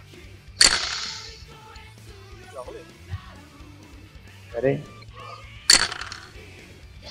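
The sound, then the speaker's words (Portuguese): Two sharp, bright clacks of a six-sided die rolled onto a hard surface during a tabletop role-playing game, several seconds apart, each with a short rattling tail, while people talk quietly in between. “Rola um D6 aí”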